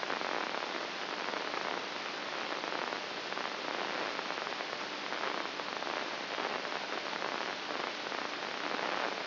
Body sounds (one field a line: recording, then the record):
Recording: brain microelectrode recording played as sound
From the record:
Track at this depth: outside the subthalamic nucleus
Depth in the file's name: 1.241 mm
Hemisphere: left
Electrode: 2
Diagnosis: Parkinson's disease